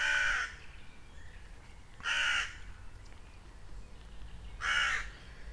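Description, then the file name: Common raven giving three harsh, hoarse croaks spaced about two to two and a half seconds apart, each short and rasping, with quiet background between calls. In a castle park at Ebelsberg. "Rabe im Schlosspark Ebelsberg"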